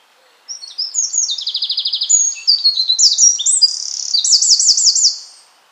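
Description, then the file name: Eurasian wren singing a loud, rapid run of shrill notes with a buzzy trill early on and a rolling, undulating trill before the phrase stops abruptly. "Troglodytes troglodytes"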